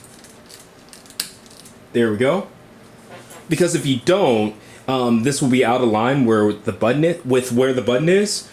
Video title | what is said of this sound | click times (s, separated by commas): Toy Review: ThreeA (ThreeZero) Deluxe Class Optimus Prime (Bumblebee Movie) | it seems like it's all the way on but press it down until you actually hear it click there | 1.2 s